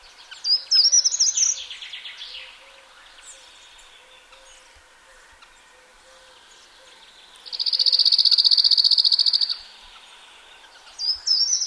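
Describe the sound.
Cirl bunting singing one flat, rapid rattle of identical notes for about two seconds, with short high twittering phrases before it and at the end and quiet gaps between.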